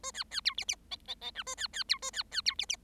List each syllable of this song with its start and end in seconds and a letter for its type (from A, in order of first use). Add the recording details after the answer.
0.03-0.11 A, 0.14-0.24 B, 0.30-0.41 B, 0.45-0.54 C, 0.57-0.65 D, 0.68-0.75 D, 0.91-0.96 E, 1.07-1.15 E, 1.21-1.31 E, 1.35-1.43 F, 1.46-1.54 A, 1.57-1.67 B, 1.73-1.83 B, 1.88-1.98 C, 2.02-2.11 A, 2.13-2.23 B, 2.31-2.41 B, 2.45-2.55 C, 2.58-2.65 D, 2.69-2.76 D. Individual Bird7